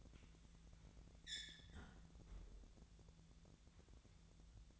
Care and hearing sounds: daily activity, microphone in the room; close fridge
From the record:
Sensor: 3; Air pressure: 1000.1 hPa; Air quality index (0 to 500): 132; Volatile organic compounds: 2 ppm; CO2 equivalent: 1175 ppm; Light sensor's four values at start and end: 43/108/46/50 and 42/108/46/50

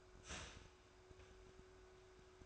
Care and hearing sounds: daily activity, microphone in the room; start toaster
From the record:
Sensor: 2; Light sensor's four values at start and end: 3/9/3/3 and 3/9/3/3

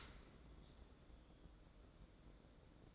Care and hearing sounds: daily activity, microphone in the room; open dishwasher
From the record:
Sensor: 3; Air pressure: 1012.3 hPa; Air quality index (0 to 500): 151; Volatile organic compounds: 2 ppm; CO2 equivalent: 1163 ppm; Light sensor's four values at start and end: 530/1301/537/533 and 532/1307/540/535

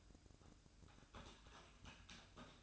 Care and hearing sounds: daily activity, microphone in the room; typing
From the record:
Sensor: 2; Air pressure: 1007.5 hPa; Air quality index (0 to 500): 43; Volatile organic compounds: 1 ppm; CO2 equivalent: 549 ppm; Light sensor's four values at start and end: 9/22/9/10 and 9/22/9/10

